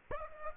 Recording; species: mosquito wingbeat signal from an infrared sensor; Aedes aegypti